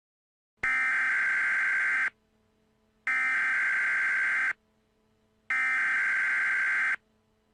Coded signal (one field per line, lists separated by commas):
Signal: Emergency Alert System (SAME) tones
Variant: header bursts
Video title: EAS scenario The Devil’s Bleeding Wrath (Kinda Clean)